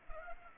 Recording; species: mosquito wingbeat signal from an infrared sensor; Culex pipiens